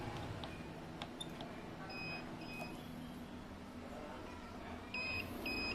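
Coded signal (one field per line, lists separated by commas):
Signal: beep code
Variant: Fardriver motor controller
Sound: two short high beeps in a row, an earlier fainter pair, over background hiss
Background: room noise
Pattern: 2 short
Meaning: Two beeps signal a throttle error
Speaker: Menurut keterangan di manual book-nya. Bip dua kali. Pedal ininya error.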